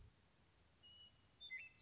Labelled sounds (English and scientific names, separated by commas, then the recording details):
Western Meadowlark (Sturnella neglecta)
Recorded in Sonoma County, California